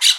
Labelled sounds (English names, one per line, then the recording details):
Brown-throated Parakeet contact call
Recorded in Aruba